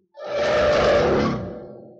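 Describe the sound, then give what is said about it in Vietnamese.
A single deep, growling roar from a monster as it charges forward, bursting out loud and rough, holding steady for about a second with a strained tonal edge before slowly fading away. “Quái vật Khôi Lạc gầm lên một tiếng, vọt nhanh tới.”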